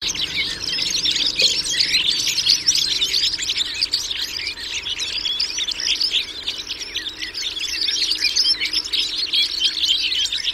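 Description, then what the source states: Red crossbill flock chattering, countless short high chips overlapping into a constant bright twitter throughout. Recorded in the Rusel area on 15 November 2014.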